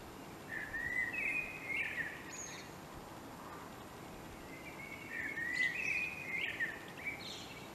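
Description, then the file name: Common blackbird warbling in rich fluted phrases ending in high thin twitters, two phrases separated by a pause, over faint constant hiss. "Turdus merula"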